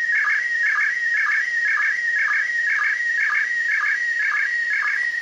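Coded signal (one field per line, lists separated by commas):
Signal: SSTV (slow-scan television)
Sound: warbling tone sweeping up and down with a steady rhythmic low blip about twice a second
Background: radio static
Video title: Perception SSTV (2m) SDR Lapwing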